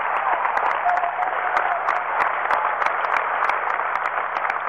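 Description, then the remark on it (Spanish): An audience applauds after a speech by Juan Carlos Alderete, head of the Corriente Clasista y Combativa, at the Salón Felipe Vallés on Saturday: dense, steady clapping from many hands that holds at a loud, even level for about five seconds, with a few sharper individual claps popping out above the wash. “Juan Carlos Alderete, el responsable de la corriente clasista y combativa, muy aplaudido en el Salón Felipe Vallés el sábado”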